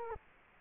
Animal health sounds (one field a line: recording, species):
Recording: mosquito wingbeat signal from an infrared sensor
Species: Culex quinquefasciatus